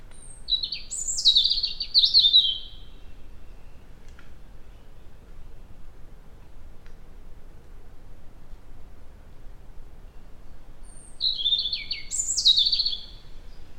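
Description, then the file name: European robin song: two high, thin, warbling phrases of quick trills and descending notes, separated by a long stretch of quiet background. "Erithacus rubecula"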